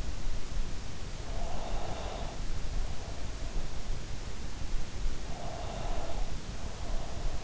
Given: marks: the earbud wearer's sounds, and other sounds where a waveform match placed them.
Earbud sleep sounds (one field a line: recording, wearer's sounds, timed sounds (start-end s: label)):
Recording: sounds in sleep by an in-ear microphone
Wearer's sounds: breath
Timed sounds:
1.52-3.38 s: breath
5.24-7.30 s: breath